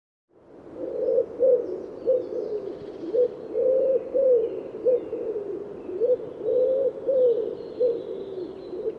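Bird cooing in soft, hoarse low coos grouped into rhythmic phrases that repeat throughout, over a steady background hiss.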